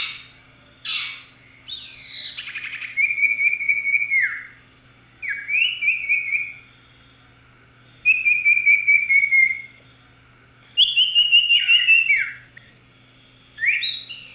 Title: Kicau Kacer